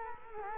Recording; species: mosquito wingbeat signal from an infrared sensor; Culex quinquefasciatus